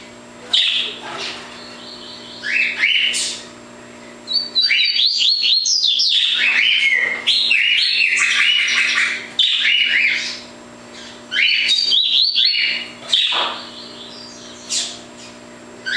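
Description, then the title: Double-collared seedeater song: bursts of fast, high twittering notes of varying length, separated by short pauses, with a steady low hum behind. "Canto Coleiro"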